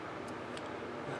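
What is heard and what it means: A small screw is driven into a plastic part of an Eaglemoss Back to the Future DeLorean die-cast/plastic model car kit (issue 104). A single short, sharp tick at 0.6 s stands out over a steady background hiss. The screw has stripped out.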